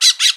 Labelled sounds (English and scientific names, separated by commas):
Brown-throated Parakeet (Eupsittula pertinax) contact call